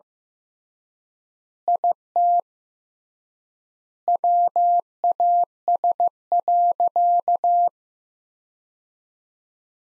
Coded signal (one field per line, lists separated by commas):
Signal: Morse code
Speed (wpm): 15 wpm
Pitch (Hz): 700 Hz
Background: none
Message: IT WAS.